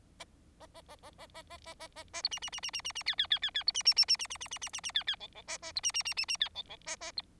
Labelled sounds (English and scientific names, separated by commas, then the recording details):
Bengalese Finch (Lonchura striata domestica) song
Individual Bird4